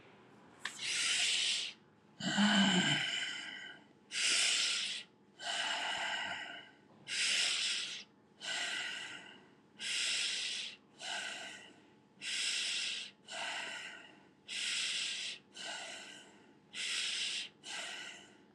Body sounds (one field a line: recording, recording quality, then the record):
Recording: deep breathing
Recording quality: excellent, no background noise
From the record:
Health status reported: healthy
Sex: male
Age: 43 years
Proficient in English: yes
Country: India